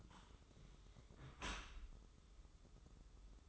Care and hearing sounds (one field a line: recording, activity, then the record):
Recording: daily activity, microphone in the room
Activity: close dishwasher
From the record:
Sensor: 3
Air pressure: 995.8 hPa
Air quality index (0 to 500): 97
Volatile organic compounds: 13 ppm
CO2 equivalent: 2426 ppm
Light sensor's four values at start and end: 29/88/37/32 and 29/88/37/32